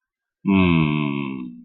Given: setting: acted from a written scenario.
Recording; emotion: vocal sound without words; shame